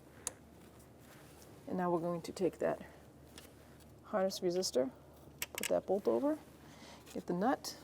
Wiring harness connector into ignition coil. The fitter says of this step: take your ignition coil wire line it up and click it to you hear the click